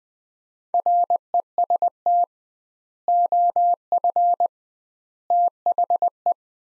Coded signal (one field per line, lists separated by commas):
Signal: Morse code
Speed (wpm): 20 wpm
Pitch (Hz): 700 Hz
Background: none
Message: REST OF THE